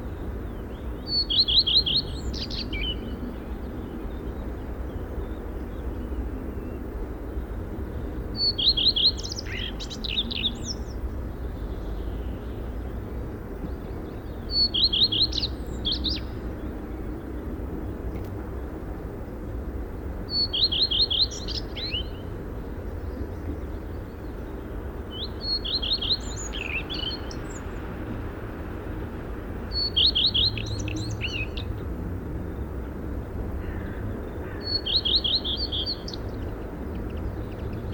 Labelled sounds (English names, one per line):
Common Redstart song